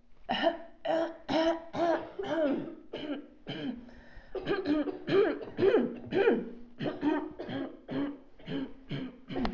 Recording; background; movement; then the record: throat clearing; a bystander coughing; sitting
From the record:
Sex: female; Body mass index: 21.8 kg/m2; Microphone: on the chest, facing outward